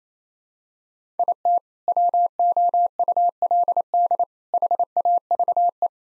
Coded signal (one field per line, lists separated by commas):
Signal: Morse code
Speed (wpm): 28 wpm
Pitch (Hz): 700 Hz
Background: none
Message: IT WOULD HAVE